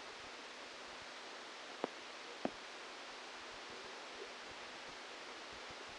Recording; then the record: brain microelectrode recording played as sound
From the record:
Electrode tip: outside the subthalamic nucleus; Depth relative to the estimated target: -4 mm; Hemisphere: left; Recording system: NeuroSet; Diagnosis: Parkinson's disease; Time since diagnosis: 12 years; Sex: male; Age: 61 years